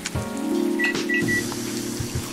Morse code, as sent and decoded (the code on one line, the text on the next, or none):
none